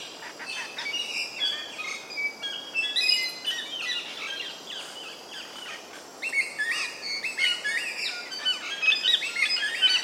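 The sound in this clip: Double-eyed fig parrot calls: many high, short chirps and squeaky notes in quick irregular bursts, with a second burst of shrill chattering after a brief lull.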